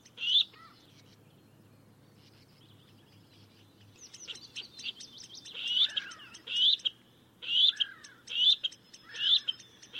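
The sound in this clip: Bird calls: a single sharp chirp, a quiet pause with low hum, then a run of bright, clipped chirps about once a second with softer lower slurred notes.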